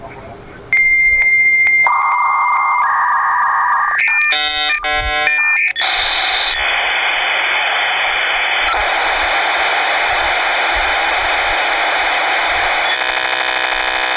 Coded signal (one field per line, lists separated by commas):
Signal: dial-up modem handshake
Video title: Tech Scammer Doesnt know what Dialup 56K Internet is.